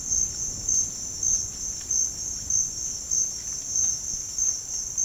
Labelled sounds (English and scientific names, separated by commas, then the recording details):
none
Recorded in dense forest near Puerto Asís, Putumayo, Colombia, on 27 June 2025 at 10:00
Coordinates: 0.481, -76.323
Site G072